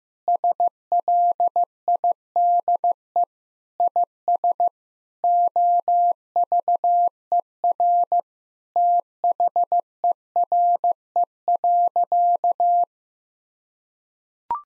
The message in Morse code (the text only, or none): SLIDE IS OVER THERE.